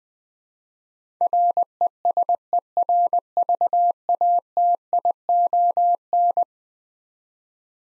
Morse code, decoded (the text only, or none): RESERVATION